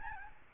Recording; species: mosquito wingbeat signal from an infrared sensor; Aedes albopictus